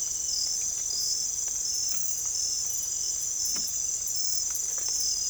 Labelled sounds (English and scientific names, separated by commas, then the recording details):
none
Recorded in secondary vegetation near Puerto Asís, Putumayo, Colombia, on 16 December 2024 at 03:00
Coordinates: 0.468, -76.324
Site G095